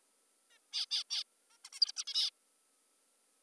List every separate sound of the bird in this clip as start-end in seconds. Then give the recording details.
0.50-0.59, 0.73-0.86, 0.91-1.04, 1.10-1.24, 1.50-1.58, 1.65-1.69, 1.73-1.80, 1.81-1.92, 1.96-2.04, 2.07-2.30. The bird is an adult. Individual g19o3U